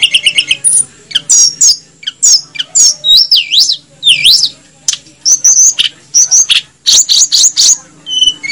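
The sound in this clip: Snowy-browed flycatcher song: a rapid medley of high, thin whistles, upslurred and looping notes and sharp chirps, delivered in quick bursts with short pauses.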